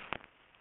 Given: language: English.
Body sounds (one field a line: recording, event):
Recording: throat vibration sensor signal played as sound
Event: swallow